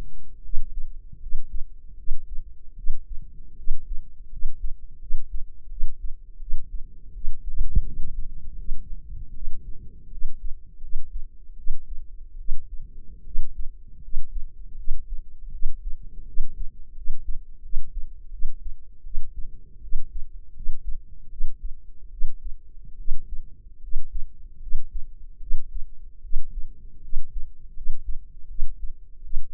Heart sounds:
heart sounds by microphone in the left ear; 79 bpm
0.40 s: heartbeat
1.17 s: heartbeat
1.94 s: heartbeat
2.73 s: heartbeat
3.54 s: heartbeat
4.27 s: heartbeat
4.97 s: heartbeat
5.67 s: heartbeat
6.37 s: heartbeat
7.10 s: heartbeat
7.81 s: heartbeat
8.55 s: heartbeat
9.31 s: heartbeat
10.07 s: heartbeat
10.78 s: heartbeat
11.54 s: heartbeat
12.35 s: heartbeat
13.22 s: heartbeat
13.99 s: heartbeat
14.74 s: heartbeat
15.49 s: heartbeat
16.23 s: heartbeat
16.92 s: heartbeat
17.60 s: heartbeat
18.28 s: heartbeat
19.01 s: heartbeat
19.78 s: heartbeat
20.51 s: heartbeat
21.27 s: heartbeat
22.08 s: heartbeat
22.94 s: heartbeat
23.78 s: heartbeat
24.58 s: heartbeat
25.37 s: heartbeat
26.19 s: heartbeat
26.99 s: heartbeat
27.72 s: heartbeat
28.45 s: heartbeat
29.20 s: heartbeat
From the record:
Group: healthy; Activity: cold pressor test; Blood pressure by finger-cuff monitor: 119/67 mmHg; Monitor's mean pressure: 85 mmHg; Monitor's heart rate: 79 bpm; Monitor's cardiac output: 7.3 L/min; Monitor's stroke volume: 93 mL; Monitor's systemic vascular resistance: 860 dyn s/cm5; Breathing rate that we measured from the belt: 18 breaths a minute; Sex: female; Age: 23 years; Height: 160 cm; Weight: 50.4 kg

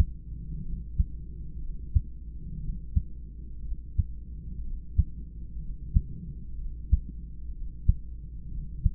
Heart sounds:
heart sounds by stethoscope; 61 bpm
0.62 s: heartbeat
1.59 s: heartbeat
2.60 s: heartbeat
3.62 s: heartbeat
4.61 s: heartbeat
5.59 s: heartbeat
6.56 s: heartbeat
7.51 s: heartbeat
8.48 s: heartbeat
From the record:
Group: heart failure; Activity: rest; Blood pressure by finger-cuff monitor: 109/67 mmHg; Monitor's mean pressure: 83 mmHg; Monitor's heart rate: 62 bpm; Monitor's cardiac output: 4 L/min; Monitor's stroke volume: 66 mL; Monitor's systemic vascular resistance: 1500 dyn s/cm5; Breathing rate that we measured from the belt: 32 breaths a minute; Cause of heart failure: idiopathic cardiomyopathy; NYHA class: 2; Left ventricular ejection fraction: 17%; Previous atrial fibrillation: present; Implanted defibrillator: present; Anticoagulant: edoxaban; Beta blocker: bisoprolol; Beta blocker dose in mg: 7.5 twice daily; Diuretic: furosemide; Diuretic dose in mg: 20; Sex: male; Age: 63 years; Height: 160 cm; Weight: 69 kg

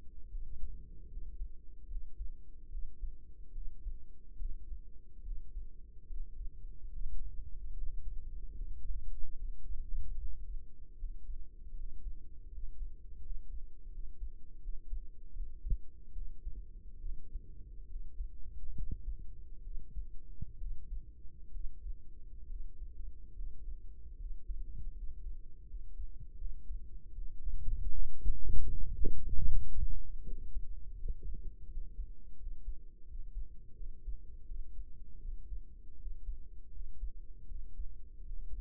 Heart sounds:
heart sounds by microphone in the right ear; 76 bpm
0.28 s: heartbeat
1.07 s: heartbeat
1.86 s: heartbeat
2.68 s: heartbeat
3.51 s: heartbeat
4.35 s: heartbeat
5.21 s: heartbeat
6.06 s: heartbeat
6.90 s: heartbeat
7.72 s: heartbeat
8.54 s: heartbeat
9.35 s: heartbeat
10.16 s: heartbeat
10.95 s: heartbeat
11.73 s: heartbeat
12.48 s: heartbeat
13.20 s: heartbeat
13.89 s: heartbeat
14.59 s: heartbeat
15.32 s: heartbeat
16.12 s: heartbeat
16.99 s: heartbeat
17.86 s: heartbeat
18.73 s: heartbeat
19.61 s: heartbeat
20.57 s: heartbeat
21.50 s: heartbeat
22.46 s: heartbeat
23.32 s: heartbeat
24.16 s: heartbeat
24.92 s: heartbeat
25.65 s: heartbeat
26.35 s: heartbeat
27.12 s: heartbeat
27.89 s: heartbeat
28.66 s: heartbeat
29.47 s: heartbeat
30.23 s: heartbeat
30.95 s: heartbeat
31.67 s: heartbeat
32.36 s: heartbeat
33.04 s: heartbeat
33.74 s: heartbeat
34.45 s: heartbeat
35.18 s: heartbeat
35.96 s: heartbeat
36.69 s: heartbeat
37.45 s: heartbeat
38.23 s: heartbeat
From the record:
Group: healthy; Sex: male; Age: 35 years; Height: 178 cm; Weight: 64 kg

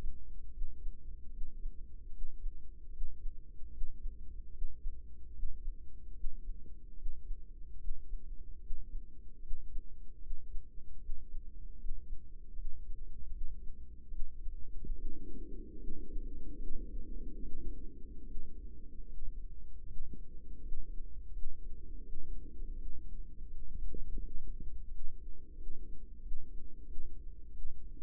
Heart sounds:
heart sounds by microphone in the right ear; 78 bpm
0.46 s: heartbeat
1.26 s: heartbeat
2.06 s: heartbeat
2.86 s: heartbeat
3.66 s: heartbeat
4.47 s: heartbeat
5.28 s: heartbeat
6.10 s: heartbeat
6.91 s: heartbeat
7.74 s: heartbeat
8.56 s: heartbeat
9.36 s: heartbeat
10.16 s: heartbeat
10.95 s: heartbeat
11.73 s: heartbeat
12.50 s: heartbeat
13.27 s: heartbeat
14.06 s: heartbeat
14.90 s: heartbeat
15.74 s: heartbeat
16.54 s: heartbeat
17.38 s: heartbeat
18.22 s: heartbeat
19.04 s: heartbeat
19.83 s: heartbeat
20.58 s: heartbeat
21.29 s: heartbeat
22.00 s: heartbeat
22.73 s: heartbeat
23.46 s: heartbeat
24.17 s: heartbeat
24.86 s: heartbeat
25.53 s: heartbeat
26.18 s: heartbeat
26.83 s: heartbeat
27.49 s: heartbeat
From the record:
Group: healthy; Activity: breath hold 0-14 s, rest 14-28 s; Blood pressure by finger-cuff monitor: 115/76 mmHg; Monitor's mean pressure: 87 mmHg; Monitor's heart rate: 75 bpm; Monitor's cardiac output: 5.8 L/min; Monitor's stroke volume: 78 mL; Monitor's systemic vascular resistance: 1070 dyn s/cm5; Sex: female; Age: 22 years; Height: 171 cm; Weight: 65.6 kg

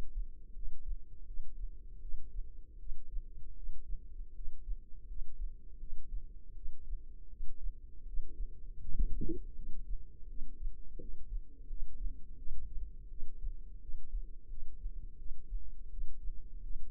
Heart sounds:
heart sounds by microphone in the left ear; 82 bpm
0.53 s: heartbeat
1.25 s: heartbeat
2.00 s: heartbeat
2.78 s: heartbeat
3.55 s: heartbeat
4.33 s: heartbeat
5.06 s: heartbeat
5.78 s: heartbeat
6.54 s: heartbeat
7.29 s: heartbeat
8.05 s: heartbeat
8.79 s: heartbeat
9.54 s: heartbeat
10.27 s: heartbeat
10.99 s: heartbeat
11.67 s: heartbeat
12.37 s: heartbeat
13.08 s: heartbeat
13.80 s: heartbeat
14.48 s: heartbeat
15.17 s: heartbeat
15.89 s: heartbeat
16.61 s: heartbeat
From the record:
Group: healthy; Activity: rest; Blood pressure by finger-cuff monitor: 83/47 mmHg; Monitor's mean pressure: 60 mmHg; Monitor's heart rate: 81 bpm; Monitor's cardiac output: 7.8 L/min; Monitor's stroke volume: 95 mL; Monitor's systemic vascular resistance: 550 dyn s/cm5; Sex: female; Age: 22 years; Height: 161 cm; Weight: 65.5 kg

